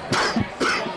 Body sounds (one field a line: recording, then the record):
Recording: coughing mixed with background sound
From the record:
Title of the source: Coughing 60